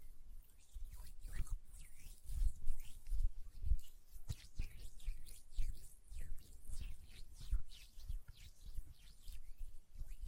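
Hand sounds with lotion and nail tapping: a steady run of soft, wet squishes and rubbing strokes, packed densely with quick crisp clicks. Low thumps come and go throughout, with the busiest stretch around two to four seconds, and the texture stays even to the end.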